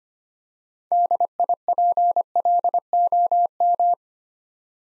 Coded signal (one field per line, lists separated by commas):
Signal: Morse code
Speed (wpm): 25 wpm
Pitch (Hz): 700 Hz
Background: none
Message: DIPLOM